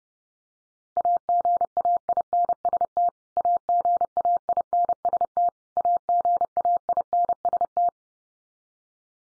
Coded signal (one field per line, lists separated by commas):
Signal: Morse code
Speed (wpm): 30 wpm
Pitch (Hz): 700 Hz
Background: none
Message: AGAINST AGAINST AGAINST